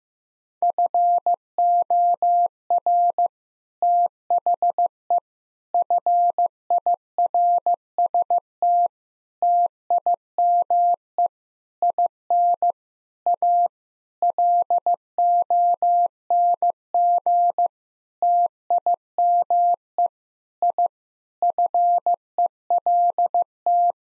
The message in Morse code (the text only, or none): FOR THE FIRST TIME IN A LONG TIME I FELT